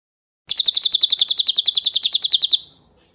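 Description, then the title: Bird song: a fast, even trill of high, sharp notes lasting roughly two seconds, then fading out into silence. Masteran recording, used for training songbirds. "Suara masteran Burung"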